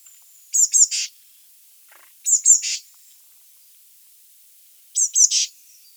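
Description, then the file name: Eurasian blue tit giving high thin notes that run into a brief buzzy note, three phrases spaced a few seconds apart. "Cyanistes caeruleus"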